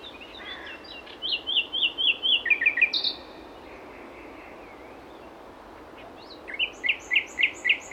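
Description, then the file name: Common nightingale song: a quick run of repeated notes, a pause, then a string of loud repeated notes. "Luscinia megarhynchos"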